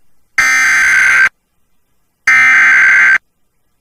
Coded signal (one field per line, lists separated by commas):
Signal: Emergency Alert System (SAME) tones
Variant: header bursts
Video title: SVR DOUBLEHEADER EAS COMPILATION MARCH 15-17 2024 LAREDO, TX (EAS #108-113)